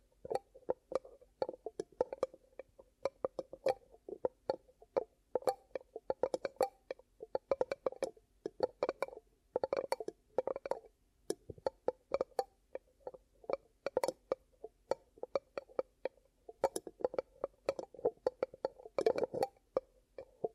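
Ear cupping sounds: hands press and rub near the microphone in quick, dense bursts of muffled thumps and soft crackly rustles. The pattern is steady and irregular throughout, with brief pauses, and a low hum sits underneath.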